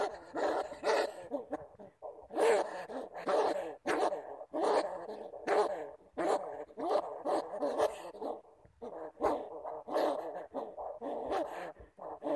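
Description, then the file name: Bamboo rat calls: a long run of rough, squealing grunts in irregular bursts, some quick and clustered, others separated by brief gaps. "Tieng dui keu"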